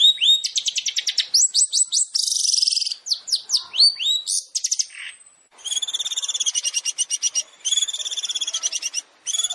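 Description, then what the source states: Long-tailed shrike singing a fast jumble of chattering notes, slurred whistles and a harsh buzz, then long stretches of rapid, even trills repeated with brief gaps. Long-tailed shrike (cendet) song in the full 'tembakan' style, used as masteran training material for other shrikes to learn from.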